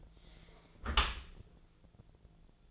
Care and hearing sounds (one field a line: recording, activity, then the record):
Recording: daily activity, microphone in the room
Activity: close dishwasher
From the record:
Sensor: 5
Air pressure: 1000.6 hPa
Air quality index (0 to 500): 149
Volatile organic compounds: 2 ppm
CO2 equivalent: 1143 ppm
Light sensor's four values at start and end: 41/93/40/43 and 40/92/40/43